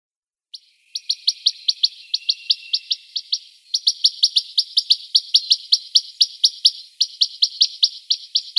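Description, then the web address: Western rock nuthatch calling in a fast, steady series of sharp, high notes, about five per second, with a couple of brief pauses. "Schulze Peter Rock Nuthatch calls"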